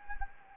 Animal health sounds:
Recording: mosquito wingbeat signal from an infrared sensor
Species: Anopheles gambiae

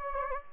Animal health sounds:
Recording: mosquito wingbeat signal from an infrared sensor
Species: Anopheles gambiae

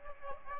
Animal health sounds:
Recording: mosquito wingbeat signal from an infrared sensor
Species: Aedes aegypti

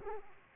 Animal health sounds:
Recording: mosquito wingbeat signal from an infrared sensor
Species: Aedes aegypti

